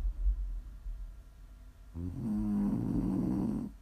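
After about a second and a half of quiet breathing, a single snore of nearly two seconds rises and fades: a low, rattling, buzzy tone on the in-breath. Ordinary snoring from a sleeper.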